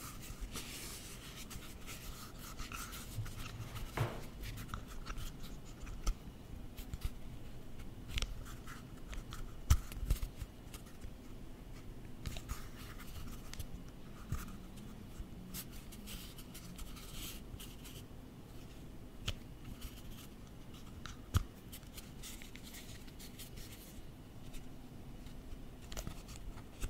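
Close-up tapping and tracing on office objects: a steady run of dry scratching and rubbing, like a pen or fingertip dragged over a surface. Sharper taps and clicks land irregularly, with distinct knocks near 4, 10 and 21 seconds.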